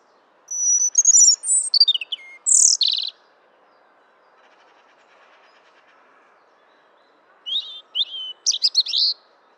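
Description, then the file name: European robin singing a high, sweet warble with thin whistled notes and rapid trills, a long silent gap, then another tinkling, jumbled phrase. "Erithacus rubecula"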